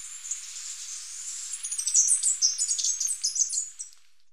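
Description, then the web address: Three-striped warbler singing a very high, fast, wavering twitter that builds from soft to loud and ends suddenly. Recorded in Ecuador. "Birds of Ecuador. Three-striped Warbler"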